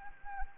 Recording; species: mosquito wingbeat signal from an infrared sensor; Anopheles arabiensis